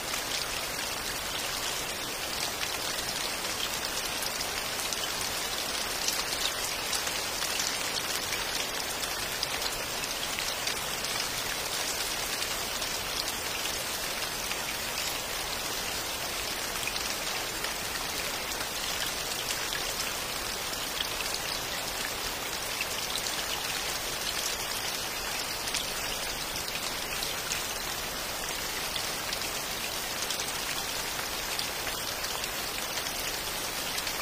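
Rain falls steadily on a pond, a dense, even hiss of countless drops striking the water with no pauses or swells across the whole stretch. The sound is bright, with little low rumble underneath and nothing else breaking through.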